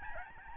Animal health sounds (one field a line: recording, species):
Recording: mosquito wingbeat signal from an infrared sensor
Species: Aedes albopictus